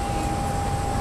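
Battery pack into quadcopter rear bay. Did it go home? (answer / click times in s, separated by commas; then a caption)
no / none. A battery pack is handled at the rear bay of a Blade Chroma quadcopter as it is about to be slid in and pushed until it snaps. Only a steady broadband hiss with a constant tone near 800 Hz is heard, with no distinct impacts. Nothing has seated or clicked yet.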